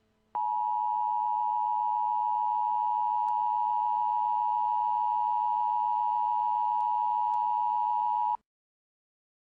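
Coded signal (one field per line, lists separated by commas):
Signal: Emergency Alert System (SAME) tones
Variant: 853 and 960 Hz attention tone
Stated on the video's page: Fictional EAS scenario of a Chicago fire, simulated alert tones.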